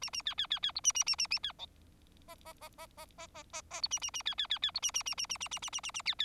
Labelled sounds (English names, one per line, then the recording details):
Bengalese Finch song
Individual Bird4